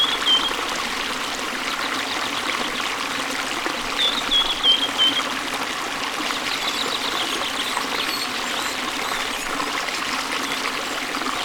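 A small stream trickles and babbles steadily throughout, a dense, bright wash of water with little low rumble. Short, high bird chirps cut through near the start and again in a quick run around four to five seconds.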